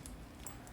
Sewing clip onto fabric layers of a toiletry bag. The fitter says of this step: vai clicando ó